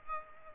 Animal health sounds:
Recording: mosquito wingbeat signal from an infrared sensor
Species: Aedes aegypti

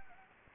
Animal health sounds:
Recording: mosquito wingbeat signal from an infrared sensor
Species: Anopheles gambiae

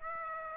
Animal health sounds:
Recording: mosquito wingbeat signal from an infrared sensor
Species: Aedes aegypti

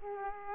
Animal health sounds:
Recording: mosquito wingbeat signal from an infrared sensor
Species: Aedes aegypti

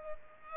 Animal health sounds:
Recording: mosquito wingbeat signal from an infrared sensor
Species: Culex pipiens

